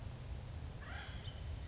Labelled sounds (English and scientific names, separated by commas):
Acorn Woodpecker (Melanerpes formicivorus)